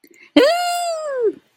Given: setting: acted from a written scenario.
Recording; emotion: vocal sound without words; elation